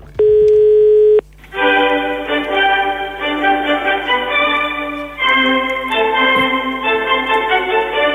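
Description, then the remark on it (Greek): Telephone line tones as a phone call is placed to the Maximos Mansion: a steady, clear beep lasting about a second, then a loud, buzzy electronic ringing tone that holds and shifts pitch a few times, with no voices. “Οπότε πρέπει να μάθουμε τι ακριβώς συμβαίνει, πώς θα γίνει όλο αυτό, και παίρνουμε τηλέφωνο στο Μέγαρο Μαξίμου.”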